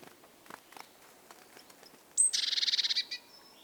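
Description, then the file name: Great tit giving a single thin high note that runs straight into a dry, buzzy chattering churr of about a dozen pulses, after quiet scattered clicks. "Parus major"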